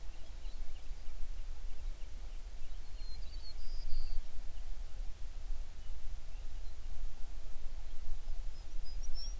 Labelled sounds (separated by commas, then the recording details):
songbird
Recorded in the Prudhoe Bay oil fields, Alaska, on 11 June 2019 at 05:23
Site 21